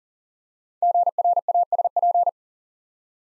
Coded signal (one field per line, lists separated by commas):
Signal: Morse code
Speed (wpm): 39 wpm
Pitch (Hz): 700 Hz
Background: none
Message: GRASP